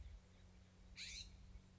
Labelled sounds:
California Scrub-Jay (Aphelocoma californica)

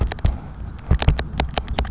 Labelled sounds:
Savannah Sparrow (Passerculus sandwichensis)

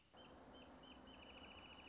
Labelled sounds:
Wrentit (Chamaea fasciata)

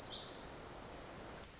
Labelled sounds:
Pacific Wren (Troglodytes pacificus)

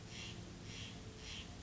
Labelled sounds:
Steller's Jay (Cyanocitta stelleri)

